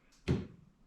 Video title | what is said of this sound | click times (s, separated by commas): DIY Wiper Blade Replacement - Save Hundreds | windshield wiper, and you feel it click in like that. | 0.3 s